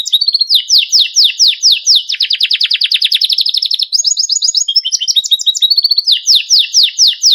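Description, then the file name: Belgian canary song: fast sweeping high notes repeated in runs, a dense rolling trill in the middle, then mixed chirps and renewed swept phrases; no other sounds. White Belgian canary; song. "canto do canario belga branco"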